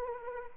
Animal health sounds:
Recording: mosquito wingbeat signal from an infrared sensor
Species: Anopheles arabiensis

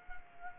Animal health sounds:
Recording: mosquito wingbeat signal from an infrared sensor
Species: Culex quinquefasciatus

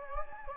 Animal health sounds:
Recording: mosquito wingbeat signal from an infrared sensor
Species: Anopheles gambiae

